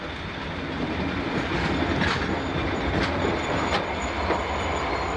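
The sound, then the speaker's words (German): A train pulls into the station at Carlisle, rolling along steadily with a loud, continuous rumble, a few sharp rhythmic clacks from the wheels and a thin high squeal running above, with no voices. “Planmäßig muss der Zug jetzt auf den Bahnhof von Carlisle einfahren.”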